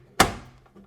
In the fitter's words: Into the zojerouchi. Make sure you have two clicks